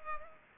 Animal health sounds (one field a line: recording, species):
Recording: mosquito wingbeat signal from an infrared sensor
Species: Culex pipiens